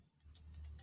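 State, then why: Not seated. A plastic lock on a newly fitted fixing gear in the fuser unit of a Canon IR5000 photocopier is being handled and re-engaged so the gear won't come off. Faint handling ticks stand out over a steady low hum, but nothing has seated or clicked home yet.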